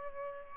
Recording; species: mosquito wingbeat signal from an infrared sensor; Aedes albopictus